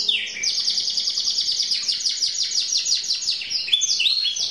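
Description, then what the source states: Canary singing one fast, even, high trill of repeated downslurred notes, switching to a different rolling phrase near the end. Champion canary singer.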